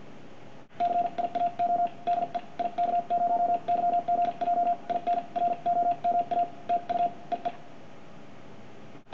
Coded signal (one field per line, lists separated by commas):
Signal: Morse code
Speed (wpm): 53 wpm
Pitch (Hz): 700 Hz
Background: radio noise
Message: CIAO DE IK0YGJ IN ROMA TU EE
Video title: From 40 to 60 WPM with a Begali Sculpture Single Lever Prototype